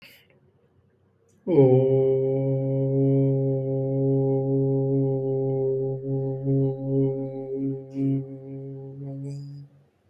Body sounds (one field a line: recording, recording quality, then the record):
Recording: sustained vowel as in boot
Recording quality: excellent, no background noise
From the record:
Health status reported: COVID-19 positive, mild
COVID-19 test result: positive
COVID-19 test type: RT-PCR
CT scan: not taken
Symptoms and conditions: cough, sore throat, loss of smell and taste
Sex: male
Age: 24 years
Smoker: yes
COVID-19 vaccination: both doses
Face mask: not worn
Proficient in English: yes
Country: India